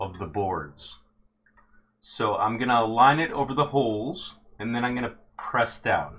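Someone talks while a BTT CB1 compute module is lined up over the mounting holes on a BTT Manta M8P 3D printer controller board, ready to be pressed down onto its board-to-board connectors. The module has not clicked or seated yet.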